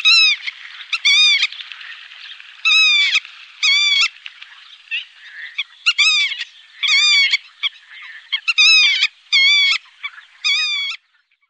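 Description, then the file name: Black-tailed godwit giving repeated bursts of quick nasal notes in groups, with softer calling in between. "Rodspov"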